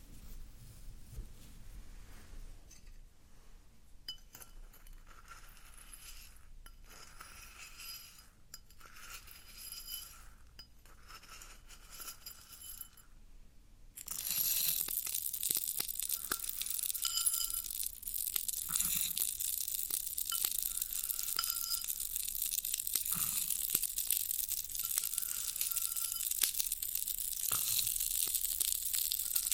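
Floral foam being worked: for the first fourteen seconds, soft crumbly crackles come in short bursts with brief pauses. Then the sound jumps to a loud, dense, bright crunching hiss that continues steadily to the end, with small clicks and snaps throughout.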